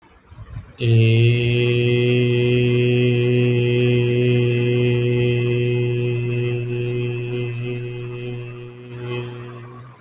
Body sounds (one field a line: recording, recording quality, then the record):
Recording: sustained vowel as in made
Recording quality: excellent, no background noise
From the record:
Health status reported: healthy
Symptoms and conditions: none ticked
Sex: male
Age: 31 years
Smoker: not ticked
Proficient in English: yes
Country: India